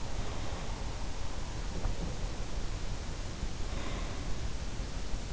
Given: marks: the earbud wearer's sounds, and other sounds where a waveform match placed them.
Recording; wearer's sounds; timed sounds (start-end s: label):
sounds in sleep by an in-ear microphone; breath
0.00-1.17 s: breath
3.34-4.63 s: breath